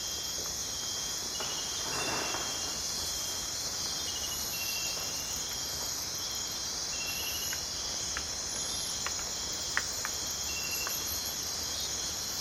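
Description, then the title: Insects in a dense, steady high-pitched chorus of several layered buzzing bands, with scattered faint clicks. Deep in the Amazon rainforest at night; constant, multi-layered, continuously changing piercing insect chorus. "Amazon rainforest - calm night"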